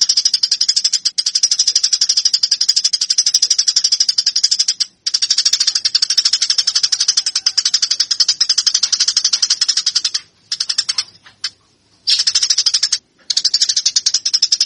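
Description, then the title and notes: Eurasian tree sparrow producing a long, dense, buzzy chatter of rapid high chirps, broken by several short silent gaps. Fighting calls. "MASTER GEREJA TARUNG. burung gereja"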